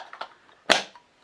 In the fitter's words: They got that nice click so that you know it's going to be pretty airtight.